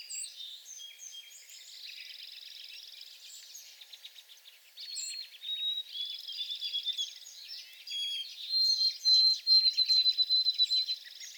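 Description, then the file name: White-throated sparrow song: whistled notes and a long, steady high tone near the end, set against busy trilling and chipping from other birds. Recorded on 28 April 2022 in back shrubs. "2022-04-28 White-throated Sparrow in back shrubs"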